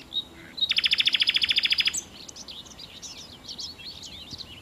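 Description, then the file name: Common nightingale song: a quick, loud rattle of many rapid repeated notes, followed by softer varied chirps and twitters. "Nachtigall"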